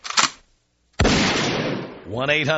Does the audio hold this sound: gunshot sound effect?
yes